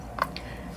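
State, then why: Seated. Small resin drills are pressed into a diamond painting canvas between neighbouring drills, which are kept straight so the new ones fit. Two short, crisp clicks are heard at 0.2 s and 0.4 s, the first louder and brighter. Each drill clicks into place and seats.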